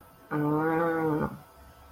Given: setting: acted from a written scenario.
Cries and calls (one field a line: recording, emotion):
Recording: vocal sound without words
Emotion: realization